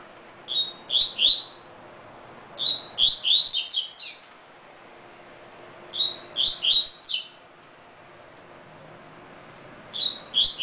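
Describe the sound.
Double-collared seedeater singing short bright phrases: a clear whistled note followed by rapid chirpy trills rising higher, repeated every few seconds with quiet pauses between.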